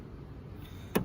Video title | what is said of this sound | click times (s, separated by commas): Fan-Tastic Fan Installation | just snaps into place and then | 1.0 s